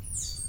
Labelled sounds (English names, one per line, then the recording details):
Stitchbird song
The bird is a male
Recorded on Tiritiri Matangi Island, New Zealand, in 2005
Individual 22, of nest box 31